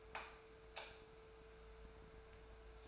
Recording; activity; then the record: daily activity, microphone in the room; light off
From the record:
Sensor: 2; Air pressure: 1014.4 hPa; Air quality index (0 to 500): 178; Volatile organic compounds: 12 ppm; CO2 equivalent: 2352 ppm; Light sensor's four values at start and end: 16/45/18/18 and 11/28/11/12